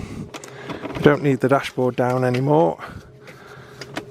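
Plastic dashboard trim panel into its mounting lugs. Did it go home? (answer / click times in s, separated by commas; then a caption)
yes / 3.8 s, 4.0 s. While refitting after a dash cam install, a plastic dashboard trim panel is pushed back up into its mounting lugs as someone talks. Sharp clicks are heard at 3.8 s and 4.0 s as the panel clicks into the lugs and seats in place.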